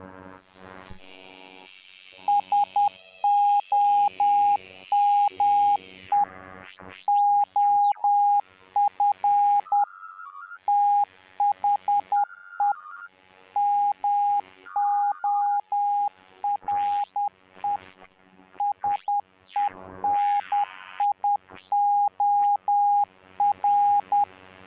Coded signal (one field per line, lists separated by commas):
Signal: Morse code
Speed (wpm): 10 wpm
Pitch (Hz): 820 Hz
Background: none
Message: SOME OF THE MORE SENIOR